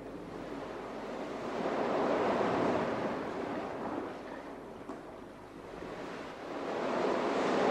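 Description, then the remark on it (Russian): Surf of the Adriatic Sea along the coast at the city of Trieste rumbles in a steady, broad wash, swelling louder around the middle and again at the end, with no voices present. “Вот уже глухо шумит Адриатическое море.”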